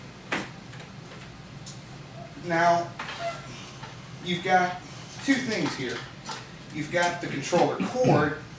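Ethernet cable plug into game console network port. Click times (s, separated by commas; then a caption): 0.3 s. A plastic RJ45 plug on an ethernet cable is pushed into the network port on the back of a game console and clicks securely into place. A sharp, short click sounds at 0.3 s, and then someone talks for the rest of the clip.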